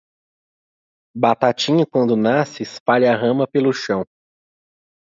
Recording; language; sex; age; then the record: short text; Brazilian Portuguese; male; 20 to 29 years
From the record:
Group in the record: control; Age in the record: 28 years